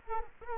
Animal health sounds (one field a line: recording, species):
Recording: mosquito wingbeat signal from an infrared sensor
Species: Culex quinquefasciatus